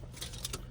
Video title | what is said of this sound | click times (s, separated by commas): Pre-trip inspection practice/tutorial for CDL class B or C straight truck | You got to hear it click. Click like that. Yeah. | 0.5 s